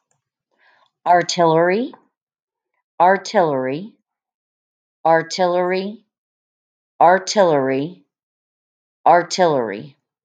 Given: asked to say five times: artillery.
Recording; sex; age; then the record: repeated word; female; 40 to 49 years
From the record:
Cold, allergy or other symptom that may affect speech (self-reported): no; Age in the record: 46 years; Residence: Oklahoma, United States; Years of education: 19